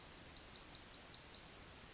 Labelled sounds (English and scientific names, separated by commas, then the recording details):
Yellowhammer (Emberiza citrinella) song
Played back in forest
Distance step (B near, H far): E
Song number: 104